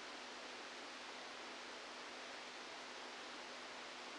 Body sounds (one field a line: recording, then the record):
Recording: brain microelectrode recording played as sound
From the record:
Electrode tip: outside the subthalamic nucleus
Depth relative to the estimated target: -4 mm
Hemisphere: left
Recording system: NeuroSet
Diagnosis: Parkinson's disease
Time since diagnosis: 17 years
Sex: male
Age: 64 years